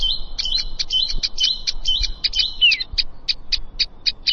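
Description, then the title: Plain prinia: dense, insect-like buzzy notes trilled rapidly, one clear falling slur, then evenly spaced single ticks to the end. "Ciblek Sawah"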